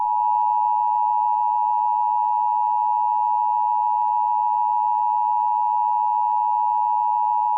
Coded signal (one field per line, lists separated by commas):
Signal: Emergency Alert System (SAME) tones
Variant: 853 and 960 Hz attention tone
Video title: EAS gets Angry on WCBSN (2016) (WARNING: CONTAINS CURSE WORDS)